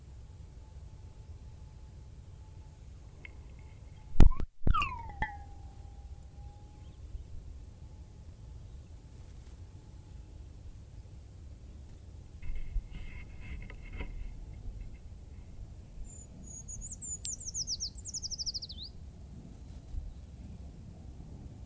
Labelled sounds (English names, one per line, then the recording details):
Short-toed Treecreeper song
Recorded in the wild
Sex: male
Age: adult
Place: Freiburg, Baden-Württemberg, DE
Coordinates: 47.9842, 7.87667
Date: 1960-03-11
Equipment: Vollspur
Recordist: Thielcke, Gerhard